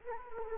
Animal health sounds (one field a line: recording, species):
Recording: mosquito wingbeat signal from an infrared sensor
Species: Anopheles arabiensis